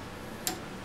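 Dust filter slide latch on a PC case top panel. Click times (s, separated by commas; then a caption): 0.5 s. A small plastic slide latch at the bottom of the removable top dust filter on a BitFenix Prodigy M PC case is slid by hand; the latch slides in and out to unlock the filter. Against a quiet background, one short, sharp click is heard at 0.5 s. The latch is released, though it is unclear whether this click is the lock or unlock direction.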